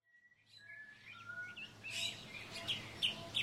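Birds chirp and tweet in a sunny forest, with a thin whistled note at first and then a busy mix of quick, high calls over a soft low hum, growing a little louder toward the end.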